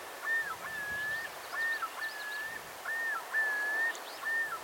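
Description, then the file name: Common loon calling with repeated long, level whistled phrases that dip at the end. "Gavia immer - Great Northern Loon"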